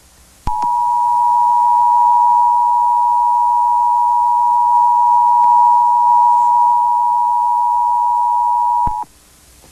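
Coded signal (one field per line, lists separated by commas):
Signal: Emergency Alert System (SAME) tones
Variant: 853 and 960 Hz attention tone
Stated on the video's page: Simulated EAS scenario with valid SAME tones.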